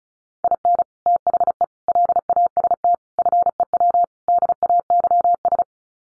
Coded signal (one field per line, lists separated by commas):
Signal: Morse code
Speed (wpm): 34 wpm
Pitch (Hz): 700 Hz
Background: none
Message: IN THE LAST FEW DAYS